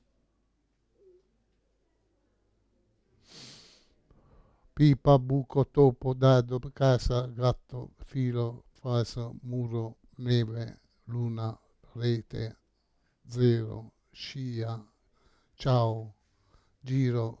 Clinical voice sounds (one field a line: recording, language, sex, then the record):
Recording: read list of words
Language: Italian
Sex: male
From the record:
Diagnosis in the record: Parkinson's disease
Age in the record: 68 years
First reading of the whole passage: 85 s, 6.1 characters per second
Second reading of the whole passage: 63 s, 8.2 characters per second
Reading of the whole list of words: 49 s, 5.8 characters per second